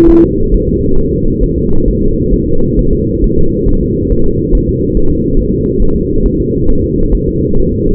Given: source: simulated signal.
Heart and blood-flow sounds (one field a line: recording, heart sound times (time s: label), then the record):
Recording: fetal heart sounds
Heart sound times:
0.09 s: S1
0.24 s: S2
0.54 s: S1
0.69 s: S2
0.99 s: S1
1.13 s: S2
1.44 s: S1
1.58 s: S2
1.88 s: S1
2.02 s: S2
2.34 s: S1
2.48 s: S2
2.79 s: S1
2.93 s: S2
3.24 s: S1
3.38 s: S2
3.69 s: S1
3.83 s: S2
4.12 s: S1
4.26 s: S2
4.55 s: S1
4.69 s: S2
4.97 s: S1
5.11 s: S2
5.39 s: S1
5.54 s: S2
5.82 s: S1
5.96 s: S2
6.26 s: S1
6.40 s: S2
6.70 s: S1
6.84 s: S2
7.15 s: S1
7.29 s: S2
7.59 s: S1
7.74 s: S2
From the record:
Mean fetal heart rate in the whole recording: 135 bpm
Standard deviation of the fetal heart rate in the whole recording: 3 bpm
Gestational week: 36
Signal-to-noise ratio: -17.7 dB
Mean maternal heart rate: 72 bpm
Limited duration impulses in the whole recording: present